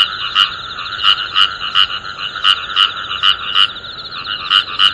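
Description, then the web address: Frog uttering short, loud croaks in steady uneven sequence throughout, set against a constant pulsed chorus of other frogs. "tera kaeru"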